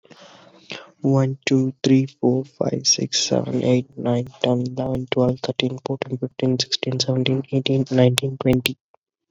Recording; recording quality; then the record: counting at a fast pace; excellent, no background noise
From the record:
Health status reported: COVID-19 positive, no symptoms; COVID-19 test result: positive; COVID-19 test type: RT-PCR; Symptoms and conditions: fatigue, muscle pain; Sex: male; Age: 23 years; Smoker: yes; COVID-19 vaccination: both doses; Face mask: not worn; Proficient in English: yes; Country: India